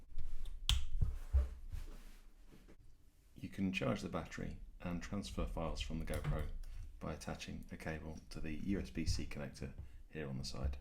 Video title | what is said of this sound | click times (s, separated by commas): GoPro Hero 10 and Accessories - Fat Llama Rental Guide - Available to rent in the UK | You can reattach the door just by clicking into place here. | 0.7 s